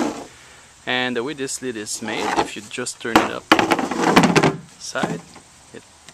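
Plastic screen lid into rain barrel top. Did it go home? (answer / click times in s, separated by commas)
yes / 6.1 s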